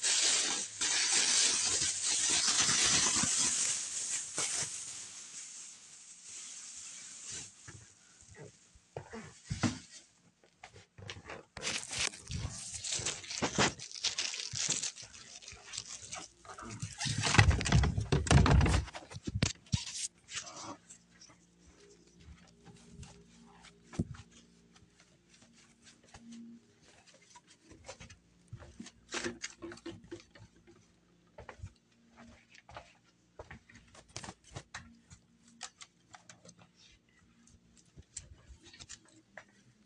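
Spraying, wiping and vacuuming: a long, loud spray hiss fills the first five seconds, followed by quick rubbing strokes. Around seventeen seconds a heavy roaring burst rises briefly, then sparse scuffs, taps and wipes continue over a faint low hum.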